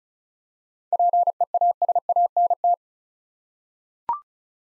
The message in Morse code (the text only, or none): PEASANT